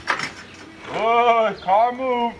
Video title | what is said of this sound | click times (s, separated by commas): Honda Crv 2002 sway bar link Pass How to video | make sure it clicks | 0.1 s